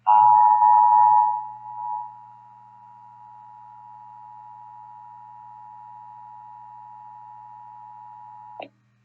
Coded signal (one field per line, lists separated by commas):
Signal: Emergency Alert System (SAME) tones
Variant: 853 and 960 Hz attention tone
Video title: National EAS Test 2:20PM EDT August 11, 2021